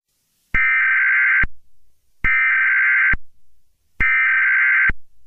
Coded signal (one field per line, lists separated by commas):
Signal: Emergency Alert System (SAME) tones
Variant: header bursts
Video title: EAS Scenario-Jack